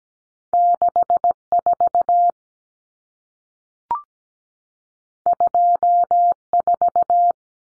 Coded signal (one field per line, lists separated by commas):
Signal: Morse code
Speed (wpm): 17 wpm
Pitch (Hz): 700 Hz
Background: none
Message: 64 24